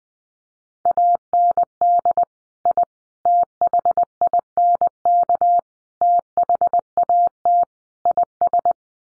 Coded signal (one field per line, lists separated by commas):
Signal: Morse code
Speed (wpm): 20 wpm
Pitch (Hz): 700 Hz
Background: none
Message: AND I THINK THAT IS